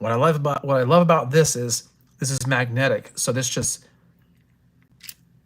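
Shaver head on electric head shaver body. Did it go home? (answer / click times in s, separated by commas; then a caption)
released / 5.1 s. Someone talks while pulling the magnetically held head off an electric head shaver for cleaning, and the head pops off with a short, sharp click at 5.1 s. The head comes free easily, without needing to be pried open.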